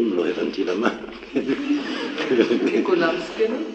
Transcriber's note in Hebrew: צחוק